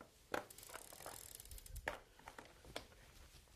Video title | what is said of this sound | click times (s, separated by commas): Bicycling KC Jones: Bike Commuting Equipment | okay clicked in there so I can move my foot it's no problem but when I want to get out comes right out | 1.9 s